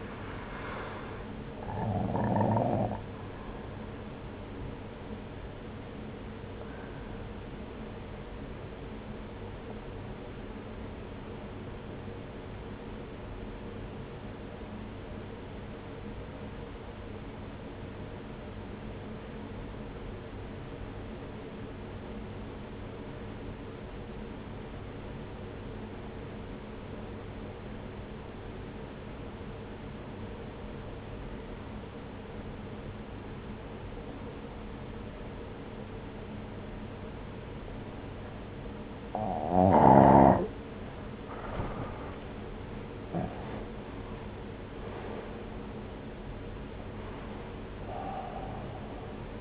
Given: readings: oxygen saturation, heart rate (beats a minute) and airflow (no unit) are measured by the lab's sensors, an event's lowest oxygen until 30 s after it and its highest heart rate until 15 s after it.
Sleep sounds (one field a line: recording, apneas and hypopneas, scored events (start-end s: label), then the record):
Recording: breathing in sleep by a voice recorder at the bedside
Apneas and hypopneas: 1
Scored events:
7.00-37.00 s: new sleep stage, N2 (light sleep)
8.00-40.00 s: obstructive apnea (N2, oxygen 95% highest, then 85% lowest)
37.00-49.41 s: new sleep stage, N1 (lightest sleep)
From the record:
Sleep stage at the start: N1 (lightest sleep)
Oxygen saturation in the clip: 87 to 95%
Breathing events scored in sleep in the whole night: 303 in 8.1 hours asleep